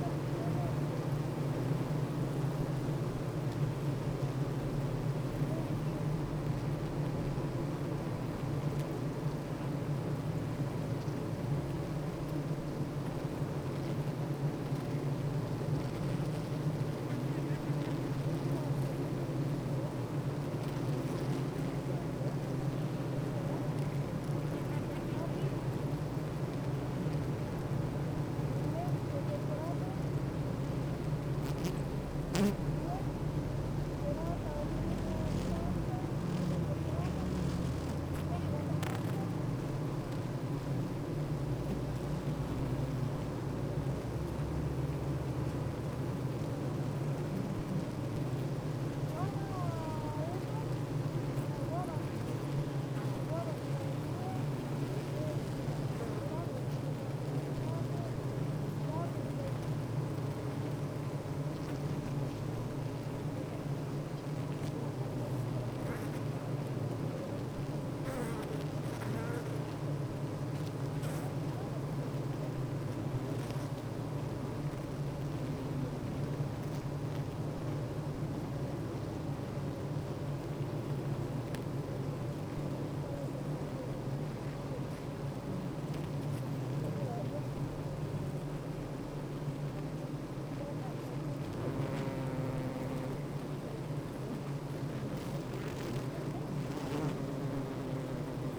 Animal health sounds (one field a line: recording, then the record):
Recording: honeybee colony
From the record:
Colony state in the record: active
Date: 28 July 2017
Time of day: 8:20